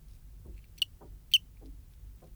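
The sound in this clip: Eugrylloides pipiens cricket making two quick, bright high chirps about half a second apart, with soft low clicks and hum around them.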